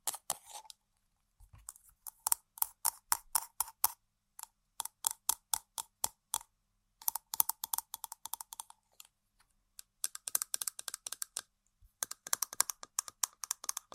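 Tapping and scratching on objects: a run of sharp, bright clicks, sometimes single and evenly spaced, sometimes in rapid rattling bursts like typing. A ringing tone near 1 kHz sits under many hits, and short silent gaps separate the clusters.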